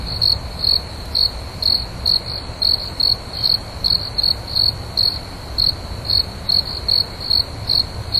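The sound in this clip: Cricket calling with crisp, high chirps in quick succession, more than twice a second, over a quiet low background noise.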